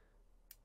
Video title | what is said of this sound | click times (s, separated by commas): Unbox: Cricket by Evolv - Lux Battery vape from USA??? | and that's got a nice satisfying click magnet as well | 0.5 s